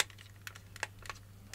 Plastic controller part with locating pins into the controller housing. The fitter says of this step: and something didn't click